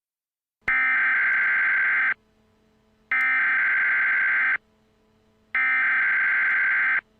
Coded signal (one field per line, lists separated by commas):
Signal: Emergency Alert System (SAME) tones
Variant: header bursts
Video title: EAS Request 1: Alaska Tsunami